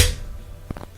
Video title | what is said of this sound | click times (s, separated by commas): ✨ WHIRLPOOL WASHER WONT AGITATE OR SPIN (SOLVED!) ✨ | should click in got it alright | 0.8 s